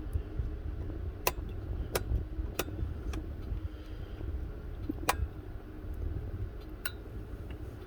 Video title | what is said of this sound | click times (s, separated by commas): EP 46 A1200 STUBBORN PCMCIA TRANSPLANT | You can hear them clicking a lot of the time. | 1.3 s, 2.0 s, 2.6 s, 5.1 s, 6.9 s